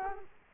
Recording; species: mosquito wingbeat signal from an infrared sensor; Culex quinquefasciatus